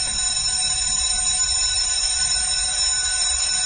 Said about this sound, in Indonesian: bel pulang sekolah berbunyi.